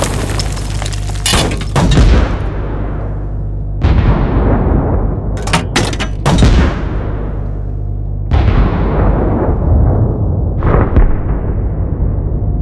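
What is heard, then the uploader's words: Booming explosions and blasts roll through the whole clip, with heavy onsets at roughly 0, 4 and 8 seconds, each decaying into a long low rumble. Sharp cracks and bursts cut in near 1.5, 5.5–6.5 and 11 seconds, over a constant deep mechanical hum. Created using real field recordings. Loud explosions, distant blasts, military tank firing and reloading, mechanical parts, incoming artillery shells, debris.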